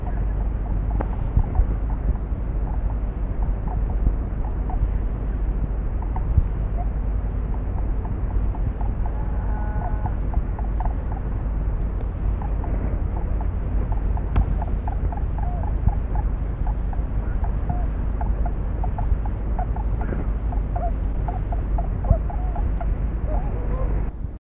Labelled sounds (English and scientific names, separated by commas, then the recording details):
Tundra Swan (Cygnus columbianus) call
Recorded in the wild
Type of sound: call
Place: Damnatz, Elbe, Niedersachsen, DE
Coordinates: 53.1531, 11.1634
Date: 1980-10-26
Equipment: Halbspur, 9,5 cm/s
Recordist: Lütgens, Hans
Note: Sechs im Fluge mit einem Jungen